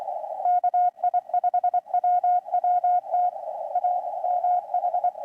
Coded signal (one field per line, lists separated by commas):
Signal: Morse code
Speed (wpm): 22 wpm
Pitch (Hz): 720 Hz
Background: none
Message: KI5WWT A MH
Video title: KI5WWT Winter Field Day 2025 - Live Stream Day 2